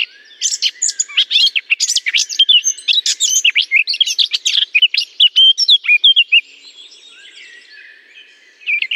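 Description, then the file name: Eurasian blackcap singing a dense, hurried warble of scratchy and whistled notes for about six seconds, then quiet before a brief new start. Singing in a holly bush. "chant de fauvette a tete noire dans houx"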